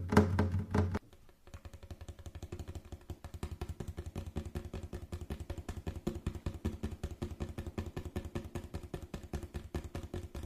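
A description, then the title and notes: Fast tapping fills nearly the whole clip, a rapid, very regular stream of low, dull knocks that runs steadily from about the one-second mark to the end. It opens with a brief louder, humming burst that cuts off abruptly before the tapping begins. Fast Tapping Deluxe Edition [Binaural Eargasm].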